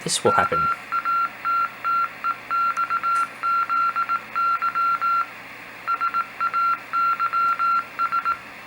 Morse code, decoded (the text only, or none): MATTEXZY SAYS